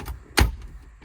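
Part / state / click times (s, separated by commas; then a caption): center console trim panel into console / seated / 0.4 s. A plastic center console trim panel on a 2009–21 Ford F-150 is refitted over the area and pressed down into the console. It snaps into place with one sharp, loud click at 0.4 s, between fainter handling taps near 0.1 s and 0.6 s. The panel is seated.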